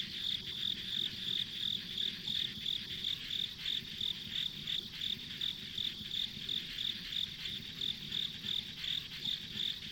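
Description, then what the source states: Insect chirping with a quick, regular beat of high pulses, nearly three per second, and a quieter insect chorus beneath. Ambient insect sounds recorded on a country road.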